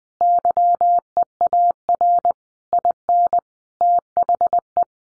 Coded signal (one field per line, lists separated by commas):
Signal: Morse code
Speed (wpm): 20 wpm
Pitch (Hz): 700 Hz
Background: none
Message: YEAR IN THE